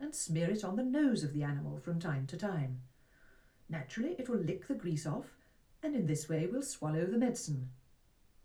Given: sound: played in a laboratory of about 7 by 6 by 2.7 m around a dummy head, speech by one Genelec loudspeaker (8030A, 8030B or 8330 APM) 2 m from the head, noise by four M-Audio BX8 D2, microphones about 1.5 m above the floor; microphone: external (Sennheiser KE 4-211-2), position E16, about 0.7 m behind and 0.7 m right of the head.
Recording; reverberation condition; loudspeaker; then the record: female speech in English; low; in front (0 degrees)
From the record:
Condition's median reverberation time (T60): about 310 ms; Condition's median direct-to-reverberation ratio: about 3.5 dB